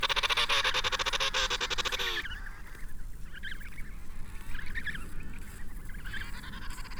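Penguin call, a loud rapid pulsed harmonic burst for about two seconds, followed by scattered shorter calls over low background rumble.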